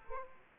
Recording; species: mosquito wingbeat signal from an infrared sensor; Aedes aegypti